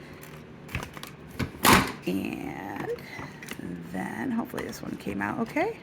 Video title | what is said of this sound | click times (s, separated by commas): How to Make Eco-Friendly DIY Pins Without Plastic - Fabric & Paper Crafts | and press and it'll sort of you'll hear it click in place | 0.8 s